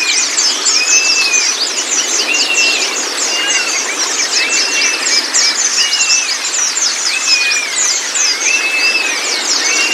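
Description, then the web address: White-eye high, rapid chirps, with a lower arched whistle repeated several times beneath. Meant to get a pleci to open its beak and start singing; 'masteran' training for the bird. "pleci terapi buka paruh. masteran pleci"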